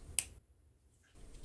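A security screw held on a security bit is turned counterclockwise against the threaded hole of an aluminum OBD port lock. A single sharp, bright click at 0.2 s marks the screw thread dropping into the start of the mating thread, followed by near silence and then faint low handling noise. The screw is seated at its start position, ready to be turned in.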